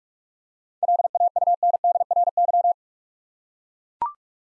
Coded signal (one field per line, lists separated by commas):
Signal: Morse code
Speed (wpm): 44 wpm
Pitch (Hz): 700 Hz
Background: none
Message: LAUNDRY